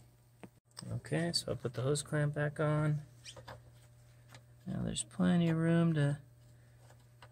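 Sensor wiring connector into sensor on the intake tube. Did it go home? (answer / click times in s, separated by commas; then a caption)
yes / 7.2 s. Someone talks while a plastic electrical sensor connector is pushed back onto the sensor on a new HPS intake tube during an intake and heatshield install on an IS300. A sharp click is heard at 7.2 s as the connector seats firmly.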